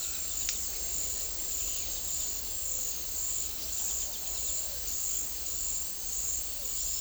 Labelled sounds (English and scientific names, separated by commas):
none